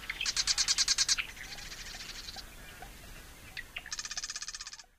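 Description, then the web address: Marsh Wren song: a rapid, buzzy, rattling trill of high notes, a softer trill, a short pause with a few ticks, then another fast mechanical trill. Common western species of North America. "Songs of Birds of North America Know Your Bird Sounds. Marsh Wren"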